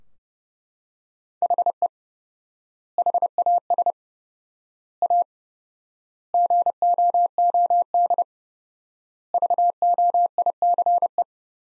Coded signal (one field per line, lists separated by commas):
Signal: Morse code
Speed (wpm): 30 wpm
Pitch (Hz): 700 Hz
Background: none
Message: HE HAS A GOOD VOICE